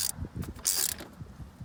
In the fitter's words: that feels like everything just stripped out.